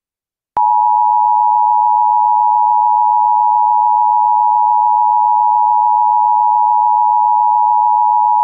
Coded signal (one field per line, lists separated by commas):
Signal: Emergency Alert System (SAME) tones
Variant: 853 and 960 Hz attention tone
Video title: EAS Scenario #6 Satanic Origin